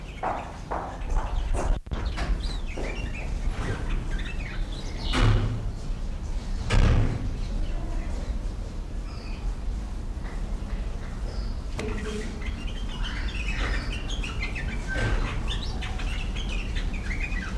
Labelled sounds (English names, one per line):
Speckled Tinkerbird call